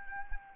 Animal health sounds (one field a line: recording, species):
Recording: mosquito wingbeat signal from an infrared sensor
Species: Anopheles arabiensis